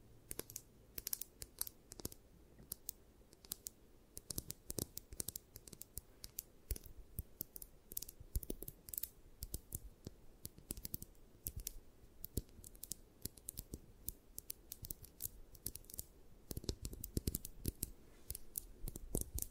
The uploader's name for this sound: Scratching